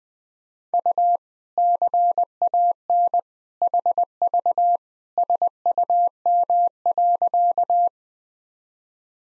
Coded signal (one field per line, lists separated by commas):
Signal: Morse code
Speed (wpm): 20 wpm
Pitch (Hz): 700 Hz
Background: none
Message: U CAN HV SUM.